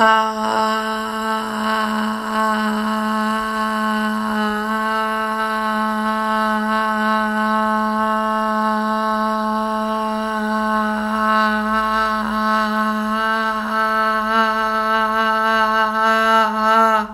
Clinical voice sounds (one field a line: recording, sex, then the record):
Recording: sustained vowel /a/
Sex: female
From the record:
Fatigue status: no fatigue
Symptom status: asymptomatic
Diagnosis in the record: COVID-19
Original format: m4a